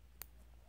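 The metal ball at the end of a ball chain is pushed out of its bullet clasp to open the chain. A single sharp metallic click is heard at 0.2 s as the ball comes free, over a steady low hum. The chain is released and open.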